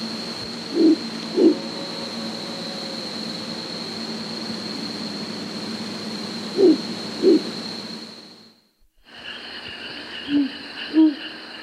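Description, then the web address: Azara's night monkey calls: low, soft hoots given in pairs, three pairs throughout, over a droning hum and a steady high tone that cuts out after about eight and a half seconds. South American rainforest. "Natures Songs S America Primates of the Rainforest Azara's night monkey"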